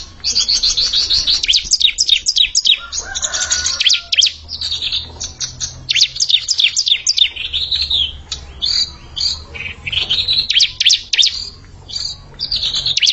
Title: Kicau Ciblek